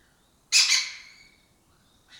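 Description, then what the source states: Lesser kestrel giving one loud harsh rasp that fades away, then a short softer call at the end. Colony breeding in an abandoned building complex in Doñana, southern Europe; migratory species foraging in West Africa.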